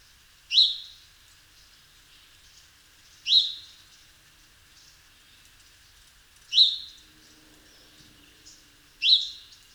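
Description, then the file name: House sparrow giving loud, clear chirps spaced about three seconds apart, with soft twittering in the gaps. "Passer domesticus"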